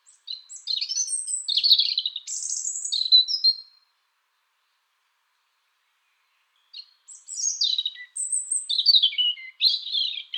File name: Rotkehlchen Gesang